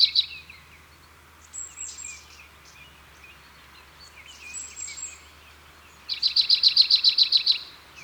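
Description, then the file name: Marsh tit song: a quick run of about a dozen bright, even chipping notes near the end, after a few soft, scattered high calls. Recorded in March. "Mars La Mesange nonnette"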